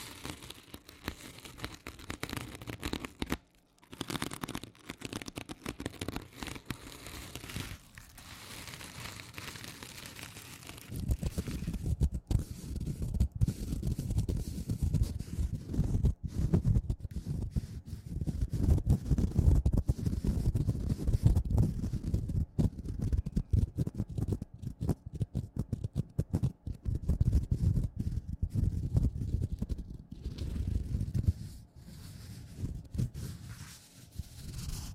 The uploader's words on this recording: ASMR Sponge Scratching & Rubbing (NO TALKING).